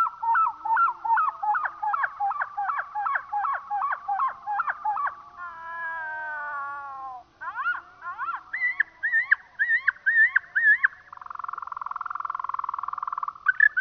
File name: skylark slowed down